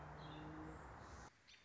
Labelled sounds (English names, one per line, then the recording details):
American Robin
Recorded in Sonoma County, California